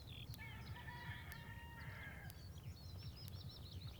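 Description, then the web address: Rooster crowing, a drawn-out harmonic call of about two seconds, with small birds chirping and twittering high above and faint ticking about once a second. "ajutine rooster - Kukk"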